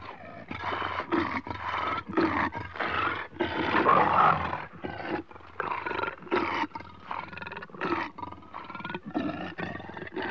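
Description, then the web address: Leopard growling continuously in rapid rasping pulses, harsh and throaty, with breathy gaps between bursts throughout. Leopard recorded close up in Africa, growling and breathing. "Africa- The Natural World. Leopards- close up, growling and breathing"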